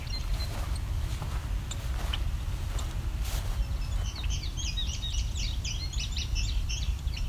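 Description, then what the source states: Indigo Bunting song: after about four seconds, a run of high, quick paired notes to the end, over a steady low rumble. Male singing from a tall beech tree along a woodlot edge on a late July midsummer morning in Hamilton.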